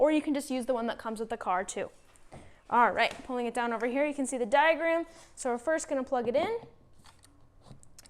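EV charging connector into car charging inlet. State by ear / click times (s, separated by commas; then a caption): seated / 7.8 s, 8.0 s. Someone talks while an EV charging plug is pushed into the charging inlet of an Audi RS e-tron GT. Short, sharp clicks are heard at 7.8 s and 8.0 s as the plug seats and latches in the port.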